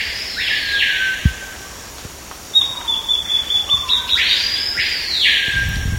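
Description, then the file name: Bird calls: two harsh, wide-band rasping bursts with a thin high whistle-like stutter of rapid ticks between them, and quiet lower notes underneath. "SABIOD 50 bird 2015"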